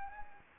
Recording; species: mosquito wingbeat signal from an infrared sensor; Anopheles arabiensis